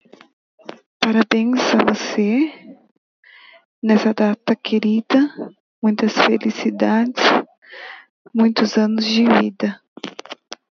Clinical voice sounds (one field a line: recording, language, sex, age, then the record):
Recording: short text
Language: Brazilian Portuguese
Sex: female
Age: 20 to 29 years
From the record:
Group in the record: control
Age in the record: 29 years